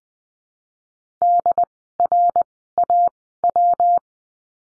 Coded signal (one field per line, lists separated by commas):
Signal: Morse code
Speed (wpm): 20 wpm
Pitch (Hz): 700 Hz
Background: none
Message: DRAW